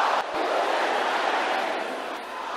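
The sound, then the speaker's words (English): A large group of women, the sisters, shouting a prayer together in unison, a loud, dense wall of overlapping voices that holds steady for a couple of seconds without pause. “Can I hear the sisters shouting this?”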